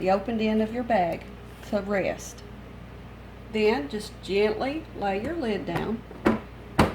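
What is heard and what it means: Someone talks while the lid of a SUNGLIFE countertop vacuum sealer is gently laid down over the open end of a bag resting on the rubber seal and pressed shut. A short knock at 6.3 s is followed by a sharp click at 6.8 s as the lid latches onto the sealer base, popping the little side buttons out to show it is locked.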